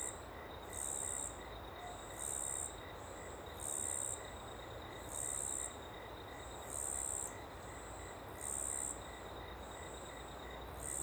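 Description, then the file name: Cricket trills in bright, high bursts repeated about every one and a half seconds, with quieter chirps in the gaps and flowing water throughout. Small open woodland ambience with a river in the background; cricket very prominent on the left channel. "Ambiente em Pequena Mata Aberta e Rio ao Fundo com Grilo bem Presente na Esquerda"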